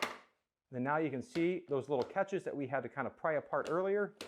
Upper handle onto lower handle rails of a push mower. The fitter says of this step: we'll capture that so it is fully locked into place